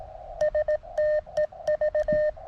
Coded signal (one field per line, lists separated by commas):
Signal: Morse code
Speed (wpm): 18 wpm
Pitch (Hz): 1800 Hz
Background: none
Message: STEV